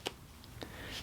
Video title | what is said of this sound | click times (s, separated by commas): KOBALT 6 Tool Combo Kit Tool Review PT2 - Impact Driver - Oscillating Tool & One Handed Recip Saw | all right and it locks into place and you're good to go so let's go ahead | 0.1 s